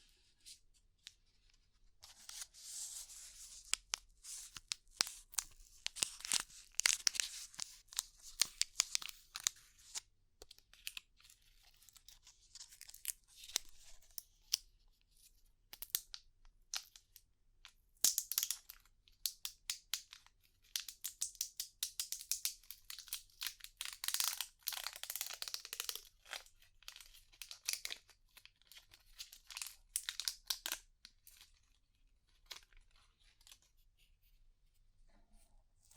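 Ear cleaning sounds with rhinestone and clay removal: dense, bright scratching, crinkling and tearing noises in quick irregular bursts throughout. The busiest stretches come around 3–10 and 18–31 seconds, with quieter pauses between, and a faint low hum underneath.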